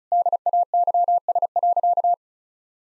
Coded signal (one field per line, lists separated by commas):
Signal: Morse code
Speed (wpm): 36 wpm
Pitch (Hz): 700 Hz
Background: none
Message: DAYS.